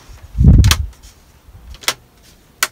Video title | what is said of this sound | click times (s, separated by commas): Ep 42 C'est le pont-pont | Je crois qu'à droite il y en a un qui n'est pas clipsé. | 0.7 s, 1.9 s, 2.6 s